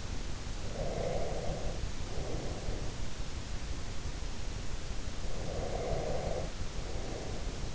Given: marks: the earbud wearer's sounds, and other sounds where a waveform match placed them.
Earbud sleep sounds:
sounds in sleep by an in-ear microphone; breath
0.58-3.20 s: breath
5.12-7.75 s: breath

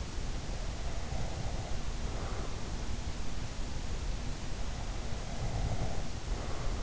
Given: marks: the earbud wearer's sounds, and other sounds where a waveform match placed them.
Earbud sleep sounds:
sounds in sleep by an in-ear microphone; breath
1.08-2.70 s: breath
5.30-6.83 s: breath

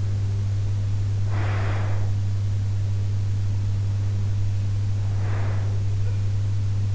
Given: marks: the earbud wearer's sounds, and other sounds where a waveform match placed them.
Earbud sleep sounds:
sounds in sleep by an in-ear microphone; breath
0.98-2.89 s: breath
4.81-6.32 s: breath

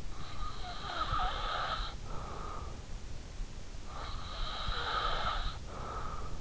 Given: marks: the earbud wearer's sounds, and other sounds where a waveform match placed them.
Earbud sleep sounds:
sounds in sleep by an in-ear microphone; breath
0.13-2.87 s: breath
3.96-6.41 s: breath

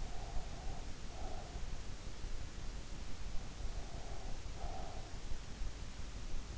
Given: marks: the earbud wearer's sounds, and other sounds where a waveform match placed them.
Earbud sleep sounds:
sounds in sleep by an in-ear microphone; breath
0.00-1.65 s: breath
3.73-5.22 s: breath

